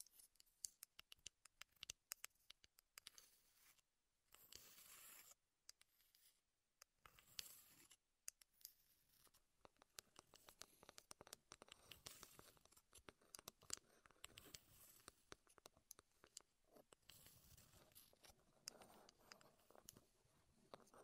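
Wooden ASMR triggers: a dense run of small taps, clicks and scratchy scrapes, quick and irregular throughout. Brighter brushing or rubbing bursts rise around 4–6 seconds, 7–8 seconds, and again near 15 and 18 seconds, while short quiet gaps break up the first few seconds.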